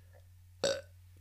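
A single short burp (eructation) from an adult.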